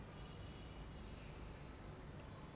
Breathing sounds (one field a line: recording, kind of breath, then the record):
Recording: one breath in and out by a microphone near the nose and mouth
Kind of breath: normal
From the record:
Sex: male